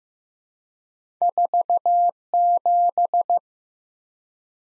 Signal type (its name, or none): Morse code